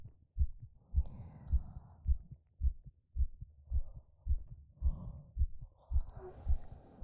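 Steady, regular low thumps at roughly 109 beats a minute, each beat a soft double thud, with faint rustling noise between. It is an adult heartbeat heard up close.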